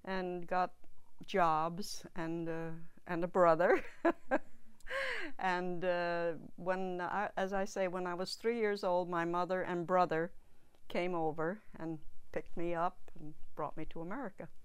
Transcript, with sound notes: and got jobs and a, and a brother. (she laughs) And when, as I say, when I was three years old, my mother and brother came over and picked me up and brought me to America.